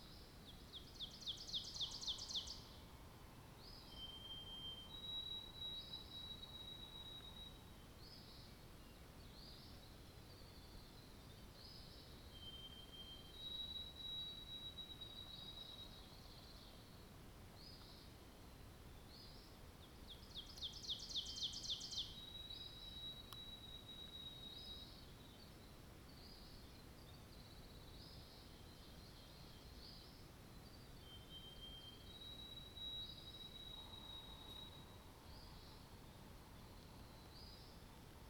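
A spring night soundscape with a steady low rumble underneath and repeated high, short bird-like chirps or insect trills recurring every second or two. Two louder buzzing bursts stand out near 2 and 21 seconds, and a faint hum appears briefly near the start and end.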